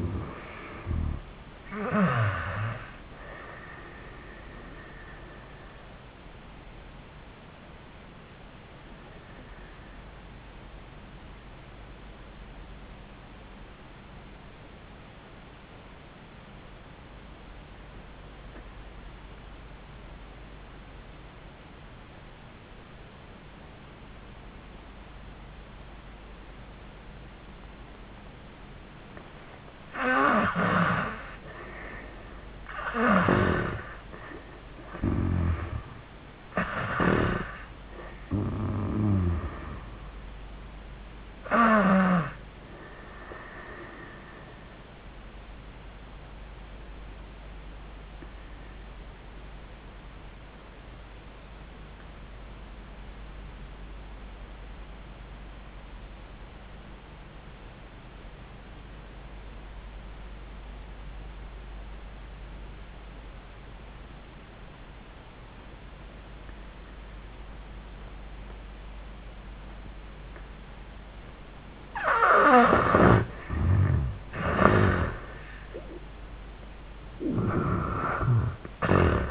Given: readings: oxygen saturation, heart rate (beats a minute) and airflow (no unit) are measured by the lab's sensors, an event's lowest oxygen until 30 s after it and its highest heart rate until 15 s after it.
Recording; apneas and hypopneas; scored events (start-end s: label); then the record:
breathing in sleep by a voice recorder at the bedside; 2
8.00-33.60 s: obstructive apnea (N1, oxygen 96% highest, then 78% lowest, heart rate 78 at the start, 94 highest)
45.00-75.00 s: new sleep stage, awake
46.00-72.80 s: obstructive apnea (scored as awake, oxygen 97% highest, then 78% lowest, heart rate 88 at the start, 100 highest)
46.00-75.00 s: awake
75.00-79.31 s: new sleep stage, N1 (lightest sleep)
From the record:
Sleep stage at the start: N1 (lightest sleep); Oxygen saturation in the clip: 72 to 97%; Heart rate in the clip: 75 to 100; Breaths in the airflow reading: 4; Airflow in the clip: -21.3 to 13.6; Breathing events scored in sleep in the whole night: 400 in 8.7 hours asleep